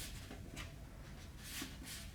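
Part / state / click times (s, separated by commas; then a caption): landing gear pin into retract/mount of RC airplane / not seated / none. A thick landing-gear wire pin is pressed into its plastic mount on a Flightline 1600mm B-25 RC model bomber while being worked to snap down properly. Only faint, quiet scraping and rubbing of handling is heard, with soft brushy bursts around 0.6, 1.6 and 1.9 seconds. Nothing has seated or clicked yet.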